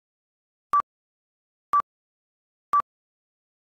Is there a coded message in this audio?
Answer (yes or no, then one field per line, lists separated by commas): no